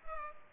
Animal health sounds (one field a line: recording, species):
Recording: mosquito wingbeat signal from an infrared sensor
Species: Culex pipiens